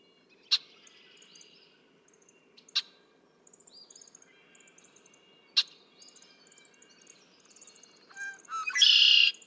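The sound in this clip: Red-winged blackbird song: sharp clicks and faint chatter, then short whistled notes ending in a loud, rasping buzzy trill at the close.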